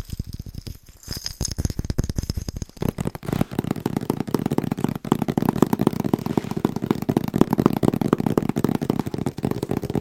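Fingers tap quickly and rhythmically on Christmas presents, a dense stream of crisp, papery clicks. The first three seconds are sparser, with bright ringing tones high above the taps. After that the tapping thickens into a fuller, lower patter that holds steady to the end.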